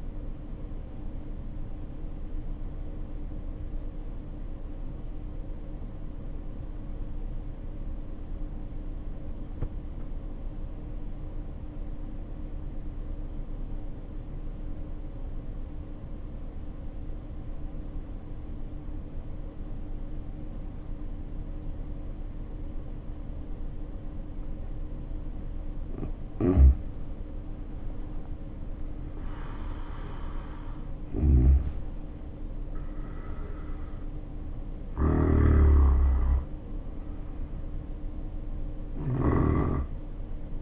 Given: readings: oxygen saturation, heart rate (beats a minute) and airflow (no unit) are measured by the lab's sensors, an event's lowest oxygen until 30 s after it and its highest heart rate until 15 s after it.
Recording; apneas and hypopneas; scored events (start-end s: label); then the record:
breathing in sleep by a smartphone at the bedside; 1
3.00-27.30 s: obstructive apnea (REM, oxygen 93% highest, then 77% lowest, heart rate 55 at the start, 74 highest)
22.00-40.62 s: new sleep stage, N1 (lightest sleep)
From the record:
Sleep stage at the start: REM sleep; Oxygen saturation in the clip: 81 to 93%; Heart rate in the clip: 55 to 74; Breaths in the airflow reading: 3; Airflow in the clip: -8.3 to 9.6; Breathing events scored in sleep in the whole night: 520 in 7.2 hours asleep